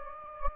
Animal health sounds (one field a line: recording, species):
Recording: mosquito wingbeat signal from an infrared sensor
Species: Anopheles gambiae